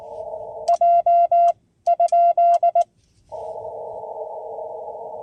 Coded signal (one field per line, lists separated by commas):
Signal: Morse code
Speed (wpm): 19 wpm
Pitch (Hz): 2050 Hz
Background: none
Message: J?